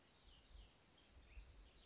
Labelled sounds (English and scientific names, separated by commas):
House Wren (Troglodytes aedon)